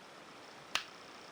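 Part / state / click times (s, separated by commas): fountain pen cap onto pen body / seated / 0.8 s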